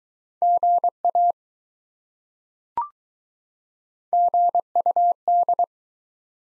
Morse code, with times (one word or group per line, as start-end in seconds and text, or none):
0.4-1.3 GA
4.1-5.6 GUD